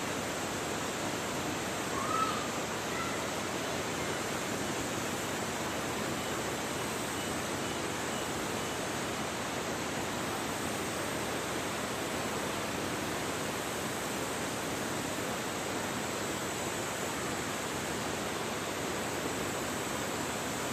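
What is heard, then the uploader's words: A waterfall roars in a steady, dense rush of water that stays even from start to finish. The sound fills both the low and bright ranges with a constant hiss. A brief faint tone or chirp pokes through around the two-second mark. The sounds of a waterfall.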